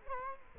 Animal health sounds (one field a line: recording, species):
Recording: mosquito wingbeat signal from an infrared sensor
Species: Culex quinquefasciatus